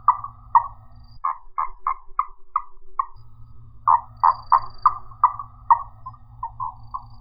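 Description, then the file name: Marsupial frog calling in series of short, hollow, knocking notes, in several quick bursts separated by brief pauses, with a low hum at times. "Gastrotheca ovifera"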